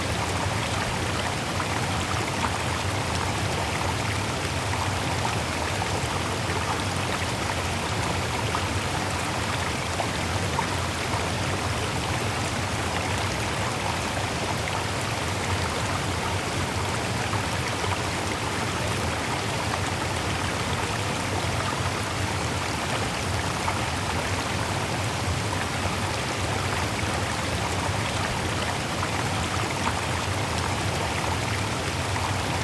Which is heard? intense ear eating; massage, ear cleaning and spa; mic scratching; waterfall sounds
waterfall sounds